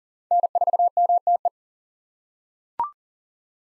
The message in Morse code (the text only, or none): N4MTE